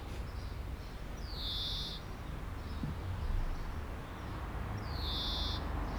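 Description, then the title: Common chaffinch calls: two short upslurred whistled notes, near the start and end, over a steady low rumble. Aix-les-Bains, France; singing in a tree while preening, with a short sequence unlike its usual refrain. "30 Rue Eugène Fert, 73100 Aix-les-Bains, France - Pinson des arbres"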